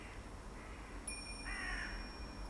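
Birds circling over a field call over a steady low rumble of background noise: a thin high tone, then a short raspy, cawing call in the second half, both fairly faint with no talking.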